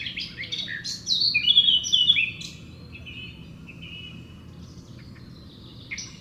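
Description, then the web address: Eurasian blackcap song: a short, loud warbled phrase ending in clear whistled notes, then quieter scattered notes. "SETE data Sylvia atricapilla"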